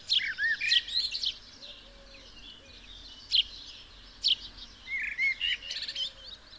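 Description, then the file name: House sparrow giving quick, uneven chirps in scattered bursts, with a few soft whistled notes between them. "Passer domesticus"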